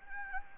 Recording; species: mosquito wingbeat signal from an infrared sensor; Anopheles gambiae